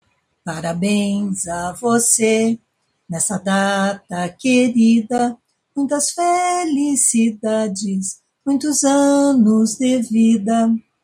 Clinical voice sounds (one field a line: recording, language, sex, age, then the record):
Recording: short text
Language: Brazilian Portuguese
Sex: female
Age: 60 to 69 years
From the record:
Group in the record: control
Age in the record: 65 years